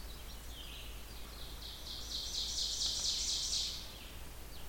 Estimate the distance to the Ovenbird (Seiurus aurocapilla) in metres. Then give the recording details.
about 30 m. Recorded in boreal forest in Alberta, Canada, on 16 June 2016 at 05:38. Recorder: SongMeter 3, array SBT-3-32. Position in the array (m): 118 m, 22 m. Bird 36